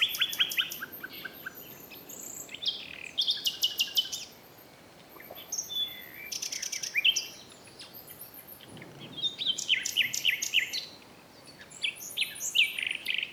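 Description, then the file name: Common nightingale song in varied bursts: rapid buzzy rattles, clicking trills and fast repeated chirps, broken by short pauses. "Luscinia megarhynchos"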